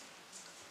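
An XLR cable connector is handled at the socket of a new condenser microphone being unboxed, and only a quiet, steady hiss with faint soft ticks is heard. Nothing has seated or clicked yet, and the connector's latch has not snapped home.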